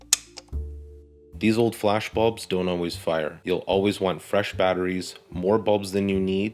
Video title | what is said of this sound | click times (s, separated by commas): Kodak Brownie Hawkeye Flash Model Review - This Old Camera #08 | place a flash bulb Inside by pushing until you hear a click | 0.1 s